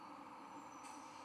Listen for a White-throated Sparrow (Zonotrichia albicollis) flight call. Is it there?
no